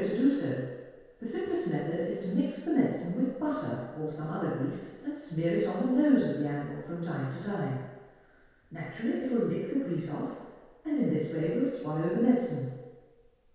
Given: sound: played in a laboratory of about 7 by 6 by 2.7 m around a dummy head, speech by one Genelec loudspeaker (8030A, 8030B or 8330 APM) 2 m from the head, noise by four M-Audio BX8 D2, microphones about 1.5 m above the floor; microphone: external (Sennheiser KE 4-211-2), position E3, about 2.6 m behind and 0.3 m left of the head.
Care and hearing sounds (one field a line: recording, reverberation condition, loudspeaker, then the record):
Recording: female speech in English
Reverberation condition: high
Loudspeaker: 120 degrees to the right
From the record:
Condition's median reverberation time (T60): about 1300 ms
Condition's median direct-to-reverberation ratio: about -4.0 dB